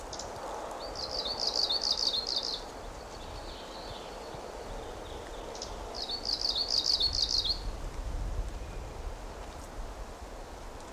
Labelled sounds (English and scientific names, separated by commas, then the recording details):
Arctic Warbler (Phylloscopus borealis) song
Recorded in the wild
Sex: male
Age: adult
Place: Paratunka, Kamtschatka, RU
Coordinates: 53.5667, 158.417
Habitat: birch grove
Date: 1999-06-13 15:15
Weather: cloudy, ca. 20°C, moderate winds
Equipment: Sony WM-D6C, Sennheiser ME 80, K 30 AV Schalter III (1 kHz Hochpass), Kopie Sony TCD-D8
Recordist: Frommolt, Karl-Heinz